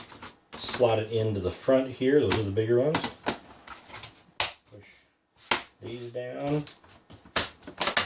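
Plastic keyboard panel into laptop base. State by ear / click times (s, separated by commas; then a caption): seated / 7.4 s, 7.8 s, 8.0 s. A plastic keyboard/top panel on an Acer Aspire 7736Z-4088 laptop is slotted into the front of the laptop base and pressed down while someone talks. Sharp snaps at 7.4, 7.8 and 8.0 seconds are the little plastic tabs popping into place as the panel seats.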